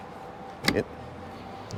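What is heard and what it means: A plastic EV charging connector, taken from the unclipped handle of a Tesla charger, is pushed into a pickup truck's charge port. A sharp click at 0.7 s, with a brief rattle right after, marks the connector seating. A fainter tick follows at 1.7 s over steady low background noise.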